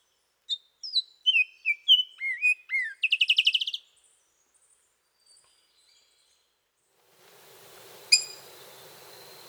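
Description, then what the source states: Bird song, a varied run of slurred whistled notes dropping in pitch, closing with a fast buzzy trill, followed by quiet and then background hiss with a single sharp note. Costa Rican cloud forest; song and call.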